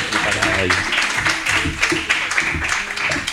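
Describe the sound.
Audience applause fills the whole stretch as a steady, dense wash of clapping, with voices talking and murmuring underneath the noise.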